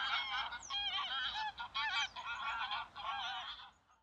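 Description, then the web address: Greylag goose honking, a dense overlapping chorus of nasal, harsh calls with a few falling squeaky notes, fading out at the end. "صدای غاز وحشی خاکستری"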